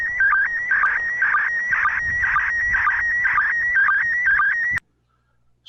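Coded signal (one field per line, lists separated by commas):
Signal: SSTV (slow-scan television)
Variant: PD 120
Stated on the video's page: Slow Scan Television signals received from the International Space Station.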